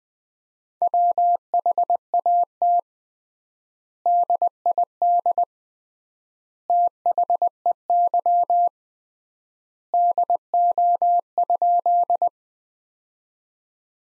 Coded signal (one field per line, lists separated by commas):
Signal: Morse code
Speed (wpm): 19 wpm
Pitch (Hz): 700 Hz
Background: none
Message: WHAT DID THEY DO?